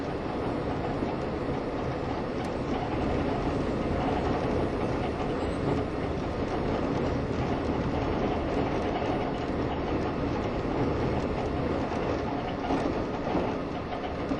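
A Taiwan Railway EMU1200 electric train with nose-suspended motors runs at speed, its deep motor roar and rumble filling the whole stretch at a steady, dense level. Faint rail clicks and rattles tick through the noise without a clear rhythm.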